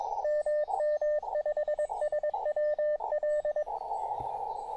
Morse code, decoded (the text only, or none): MM5SWL